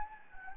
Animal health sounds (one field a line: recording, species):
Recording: mosquito wingbeat signal from an infrared sensor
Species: Anopheles gambiae